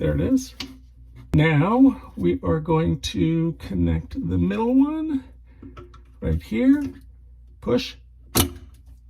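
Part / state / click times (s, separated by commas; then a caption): middle outlet line into faucet quick-connect coupling / seated / 8.4 s. Someone talks while the middle outlet line is pushed into the quick-connect coupling of a Pfister faucet. A short, sharp click is heard at 8.4 seconds as the line seats home.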